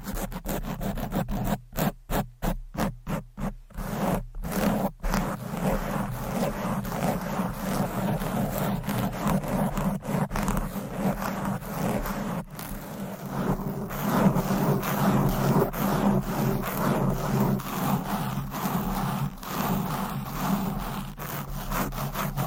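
Fast, aggressive scratching and rubbing on a microphone fills the whole clip with a dense, rough, crackling texture. The first five seconds break into quick choppy bursts with short gaps, then the scraping turns continuous, with a low rumble underneath and occasional sharp cuts.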